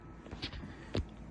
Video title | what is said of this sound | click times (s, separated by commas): How to install led headlight/parking bulbs on the s1000rr | Uh, it'll click right right in inside. | 1.0 s